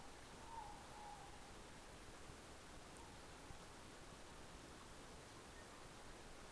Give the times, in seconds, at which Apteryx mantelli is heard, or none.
none